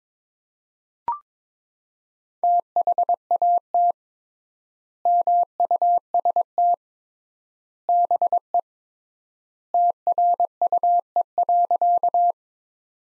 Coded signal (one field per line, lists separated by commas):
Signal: Morse code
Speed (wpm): 22 wpm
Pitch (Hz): 700 Hz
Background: none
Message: THAT MUST BE TRUE.